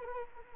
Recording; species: mosquito wingbeat signal from an infrared sensor; Anopheles arabiensis